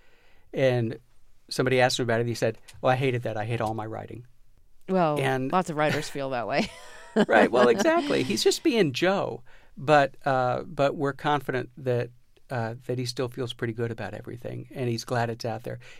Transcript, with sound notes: And somebody asked him about it, and he said, well, I hated that. I hate all my writing. And...
Well, lots of writers feel that way.
(LAUGHTER)
Right. Well, exactly. He's just being Joe. But we're confident that he still feels pretty good about everything, and he's glad it's out there.